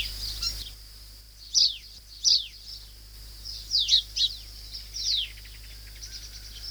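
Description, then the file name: White-eye calling with high, thin, downslurred notes singly, in pairs and small clusters, irregularly spaced, against a constant low hum. "suara panggilan burung kacamata perak. omkicau"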